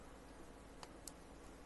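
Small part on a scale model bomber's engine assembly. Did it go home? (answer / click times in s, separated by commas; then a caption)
yes / 1.1 s. A small plastic or metal part is pressed onto the engine assembly of a scale model Lancaster Bomber B III until it snaps home. Against a quiet background, a faint tick comes at 0.8 s, then a sharp, brief click at 1.1 s. The part is seated and will not come off again.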